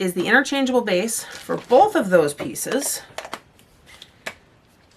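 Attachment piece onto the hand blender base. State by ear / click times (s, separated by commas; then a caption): seated / 4.3 s. A plastic attachment is pressed onto the interchangeable base of a Redmond Home hand blender while someone talks. After the talk, a few faint handling ticks follow, then a sharp click at 4.3 seconds as the attachment locks into place on the base.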